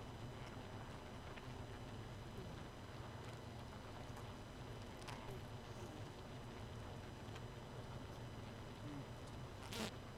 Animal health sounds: honeybee colony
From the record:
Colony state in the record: missing queen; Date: 31 May 2018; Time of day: 2:17

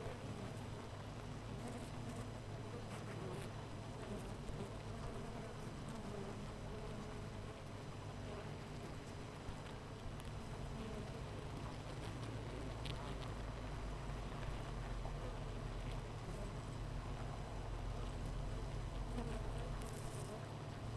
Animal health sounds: honeybee colony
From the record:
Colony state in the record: missing queen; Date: 14 July 2017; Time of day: 8:12

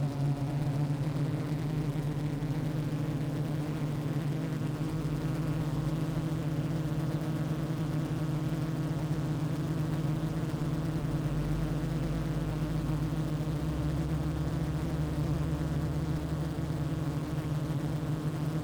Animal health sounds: honeybee colony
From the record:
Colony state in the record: active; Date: 28 July 2017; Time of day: 15:20

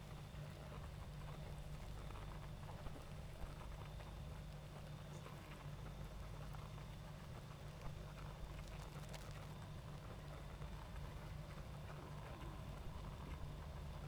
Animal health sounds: honeybee colony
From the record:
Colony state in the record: active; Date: 28 July 2017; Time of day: 20:05

